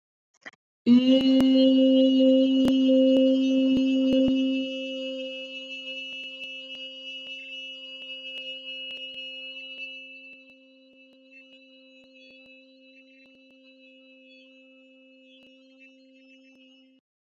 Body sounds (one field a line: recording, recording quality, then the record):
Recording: sustained vowel as in beet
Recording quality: excellent, no background noise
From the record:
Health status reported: recovered from COVID-19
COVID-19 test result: positive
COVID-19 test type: RT-PCR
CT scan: not taken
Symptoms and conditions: none ticked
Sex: female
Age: 26 years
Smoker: no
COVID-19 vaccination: both doses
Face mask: not worn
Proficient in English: yes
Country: India